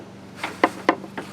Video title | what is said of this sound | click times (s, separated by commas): 1999 Dodge Ram 1500 Headlight Wiring LasFit Bulbs | once you get it down there, it will just click, hopefully, yep, should click into place like the factory ones. | 0.6 s, 0.9 s